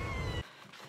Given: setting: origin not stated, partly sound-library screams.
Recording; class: one-second piece from a danger detection set; woman in danger